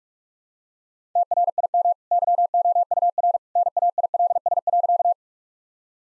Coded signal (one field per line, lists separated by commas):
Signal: Morse code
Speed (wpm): 46 wpm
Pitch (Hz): 700 Hz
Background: none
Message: TRIM YOUR NAILS.